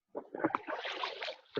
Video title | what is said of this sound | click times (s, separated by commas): Kayaking With COVID-19 | simple, just snaps into place. | 0.6 s